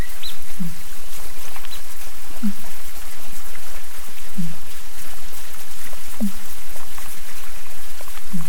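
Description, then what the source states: Fin whale pulses: five short, low, down-sweeping notes at an even two-second rhythm, set against continuous noisy hiss and crackle. Recording sped up ten times.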